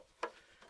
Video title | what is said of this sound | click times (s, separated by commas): how to replace your bumper [2004 dodge caravan] | you just turn it and it locks in place. | 0.2 s